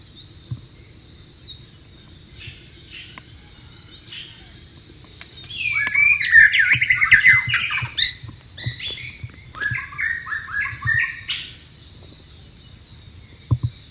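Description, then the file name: White-rumped shama song: quiet opening, then a loud burst of varied, rich whistled and chattering phrases from about six seconds, continuing in choppy bursts, then quiet. Wild bird, recorded in the wild. "suara burung murai batu di alam liar"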